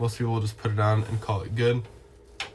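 Someone talks while handling the shower door lock in the bathroom of a 2022 Mesa Ridge 284RLS RV, about to push it into its catch until it clicks shut and is fully locked. The lock has not yet clicked or latched by the end of the clip.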